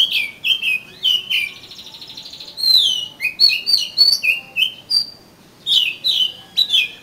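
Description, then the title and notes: Oriental magpie-robin song, a lively run of whistled falling slurs and a brief buzzy trill, notes following quickly with few pauses. "suara kacer. kumpulan suara burung kacer"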